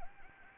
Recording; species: mosquito wingbeat signal from an infrared sensor; Anopheles gambiae